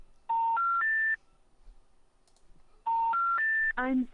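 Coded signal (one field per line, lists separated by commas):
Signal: telephone call progress tone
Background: speech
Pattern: special information tone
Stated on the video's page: EAS SAME tones in a mock alert about fictional Black Mesa Research Facility explosions, simulated.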